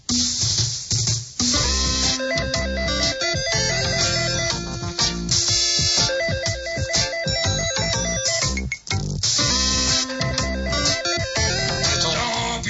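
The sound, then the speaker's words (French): A phone rings with a loud, continuous musical ringtone: a repeating stepped melody over a steady beat that plays for the whole stretch, briefly dipping near the end before resuming. “Est-ce que quelqu'un va répondre à cette saloperie de téléphone?”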